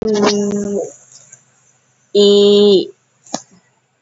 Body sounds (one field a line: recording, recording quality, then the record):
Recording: sustained vowel as in beet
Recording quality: excellent, no background noise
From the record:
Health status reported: COVID-19 positive, mild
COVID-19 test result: positive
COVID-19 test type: RT-PCR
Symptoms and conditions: cough, cold, sore throat, fever, fatigue, muscle pain, another condition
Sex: female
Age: 32 years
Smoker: no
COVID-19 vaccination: both doses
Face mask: not worn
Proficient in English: yes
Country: India